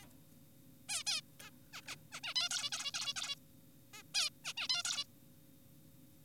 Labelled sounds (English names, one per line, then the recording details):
Zebra Finch
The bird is an adult
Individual g4p5U